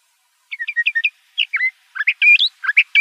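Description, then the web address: Le Conte's thrasher song: a quick series of about six repeated short notes, then varied slurred and whistled phrases. Arizona. "Sound Library Mimids AZFO LCTH deviche 011004"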